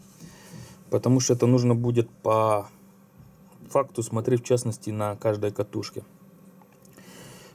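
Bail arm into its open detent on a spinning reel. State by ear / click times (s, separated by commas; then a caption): not seated / none. Someone talks about the metal wire bail arm and spring trip mechanism of a spinning fishing reel, followed by two faint handling taps at about 6.6 s and 6.9 s. The bail arm has not yet seated or clicked into its open detent. It swings open but fails to latch and just dangles.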